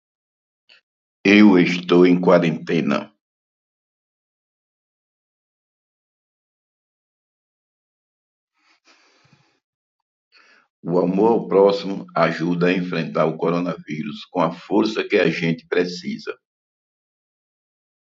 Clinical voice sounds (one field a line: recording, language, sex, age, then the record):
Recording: spoken sentence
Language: Brazilian Portuguese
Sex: male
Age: 50 to 59 years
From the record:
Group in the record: control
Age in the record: 58 years